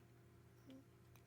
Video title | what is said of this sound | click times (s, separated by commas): NEW Kizer Sheepdog Utility Knife! FULL Blade Exposure, Fidget Factor & Under $50?! | It just now clicked into place. I heard it lock. | 0.7 s, 1.2 s